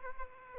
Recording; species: mosquito wingbeat signal from an infrared sensor; Aedes aegypti